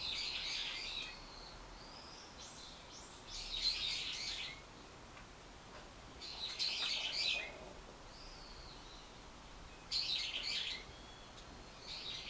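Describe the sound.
Bird repeating harsh, high chirping phrases roughly every three seconds, with thin, fainter whistled notes in the gaps.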